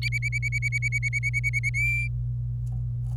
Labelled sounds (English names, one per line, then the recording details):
Domestic Canary song
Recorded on 26 April 2018 at 09:14
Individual llb3